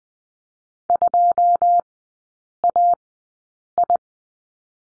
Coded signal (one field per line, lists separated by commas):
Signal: Morse code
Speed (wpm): 20 wpm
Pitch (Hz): 700 Hz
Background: none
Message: 2AI